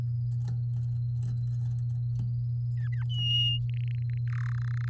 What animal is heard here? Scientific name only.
Serinus canaria